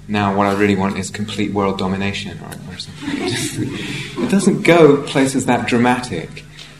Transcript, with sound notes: now what I really want is complete world domination" or something. [laughter] It doesn't go places that dramatic.